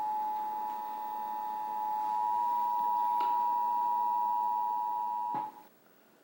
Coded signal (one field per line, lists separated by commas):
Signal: Emergency Alert System (SAME) tones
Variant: 853 and 960 Hz attention tone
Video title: Emergency Alert System